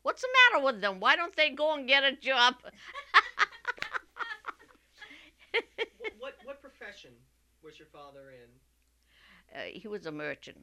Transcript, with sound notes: What's the matter with them? Why don't they go and get a job?" ( they laugh )
What profession was your father in?
He was a merchant.